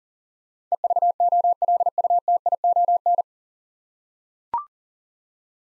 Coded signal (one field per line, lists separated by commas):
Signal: Morse code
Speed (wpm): 41 wpm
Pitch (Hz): 700 Hz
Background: none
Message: EVOLUTION